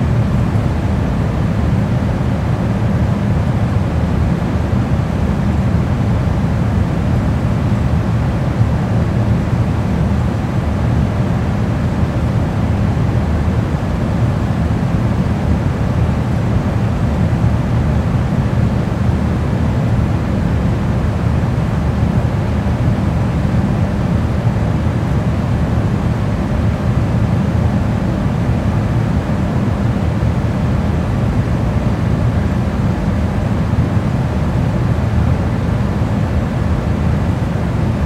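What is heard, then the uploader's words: A steady wash of ambient noise runs unbroken for the whole clip, weighted toward a deep low rumble with a softer hiss above. The level never rises or falls, and no separate events stand out, like an engine drone or cabin hum. White Noise Ambient. White noise - a combination of low-frequency tones.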